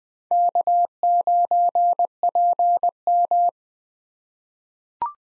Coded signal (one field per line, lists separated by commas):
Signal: Morse code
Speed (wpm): 20 wpm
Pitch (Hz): 700 Hz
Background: none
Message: K9PM